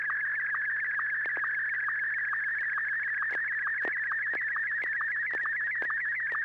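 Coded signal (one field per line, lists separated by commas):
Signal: SSTV (slow-scan television)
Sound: steady warbling whistle around 1.7 kHz with fast, regular ticking sync blips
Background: low mains hum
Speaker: This is Kilo India 1 Tango Tango Yankee.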